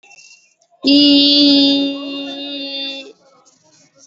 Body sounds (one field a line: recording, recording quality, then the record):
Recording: sustained vowel as in beet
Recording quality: excellent, no background noise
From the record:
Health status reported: healthy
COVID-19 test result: negative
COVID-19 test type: RT-PCR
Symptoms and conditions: cough, cold, fever, hypertension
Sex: female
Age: 30 years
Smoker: no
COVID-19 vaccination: both doses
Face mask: worn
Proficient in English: yes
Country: India